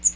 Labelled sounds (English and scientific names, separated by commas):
Magnolia Warbler (Setophaga magnolia) flight call